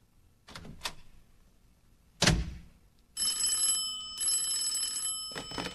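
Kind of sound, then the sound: signal or alarm, telephone ringing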